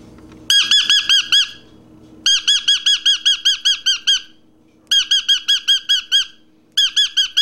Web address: papagali a korela